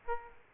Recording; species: mosquito wingbeat signal from an infrared sensor; Aedes aegypti